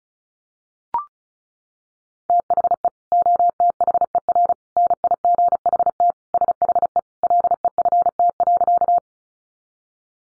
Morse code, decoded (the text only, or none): THE OTHER NIGHT SHE LEFT.